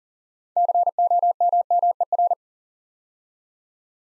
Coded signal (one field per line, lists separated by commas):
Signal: Morse code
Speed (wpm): 38 wpm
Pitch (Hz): 700 Hz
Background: none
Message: COMMER